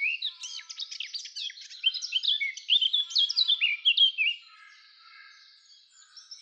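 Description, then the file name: Eurasian blackcap song: hurried, chattering warble that builds into louder fluty whistled phrases, then fades into quiet. "Sylvia atricapilla"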